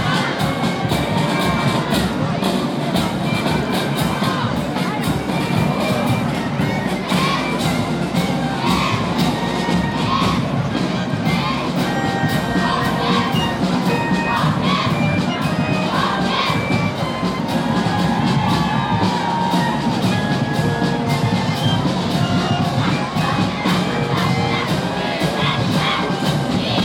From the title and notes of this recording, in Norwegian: Lyden av jublende barnetog og korps på 17.